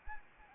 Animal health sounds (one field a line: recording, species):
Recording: mosquito wingbeat signal from an infrared sensor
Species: Anopheles arabiensis